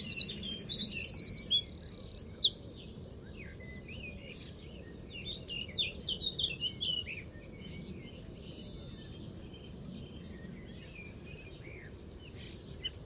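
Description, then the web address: Bird delivers a loud high trill and buzz at the start, then soft scattered twitters, with another burst of song at the very end. "Deverinetal 2025 File origin Bird Only"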